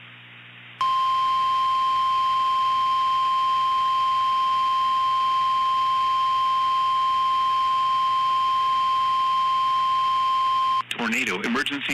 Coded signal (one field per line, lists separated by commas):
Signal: Emergency Alert System (SAME) tones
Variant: 1050 Hz attention tone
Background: speech